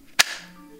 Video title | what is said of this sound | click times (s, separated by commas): One Sweet Survival Knife! The Utica UTK-B6 | you get a good positive click | 0.2 s